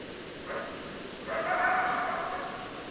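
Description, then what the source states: Coyote howl: a short faint note, then a longer, steady howl that slowly fades, over light background noise. Recorded 2012-12-10; more than one coyote.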